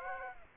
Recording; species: mosquito wingbeat signal from an infrared sensor; Aedes aegypti